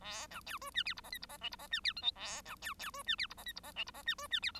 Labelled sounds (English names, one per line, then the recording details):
Bengalese Finch song
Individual Bird1